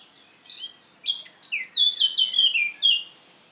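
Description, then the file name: Eurasian blackcap song: a short scratchy warble, then a run of clear, fluty whistled notes that fall in pitch, lasting about two and a half seconds. "Sylvia atricapilla"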